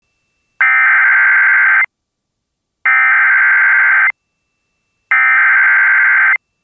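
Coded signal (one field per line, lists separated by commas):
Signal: Emergency Alert System (SAME) tones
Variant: header bursts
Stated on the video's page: Real flash flood warning in Florida with valid EAS tones.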